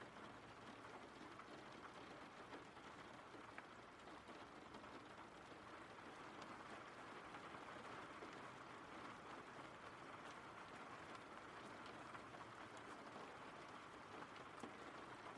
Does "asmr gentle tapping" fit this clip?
no